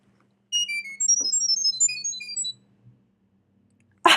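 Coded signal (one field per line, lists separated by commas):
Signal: data over sound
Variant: Chirp.io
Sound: about twenty quick melodic high beeps hopping in pitch, like a robotic chirping tune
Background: low hum, noise burst at end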